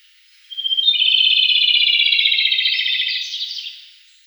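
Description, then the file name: Rufous-tailed robin song, a brief clear whistle leading into a long rapid trill that descends gently, ending in a buzzy upward flourish. "Solovej svistun"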